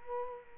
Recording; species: mosquito wingbeat signal from an infrared sensor; Culex quinquefasciatus